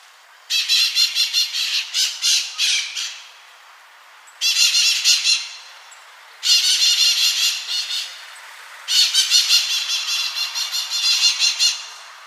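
Bird giving loud, harsh pulsed squawking phrases, four bursts of rapid rasping notes separated by short pauses.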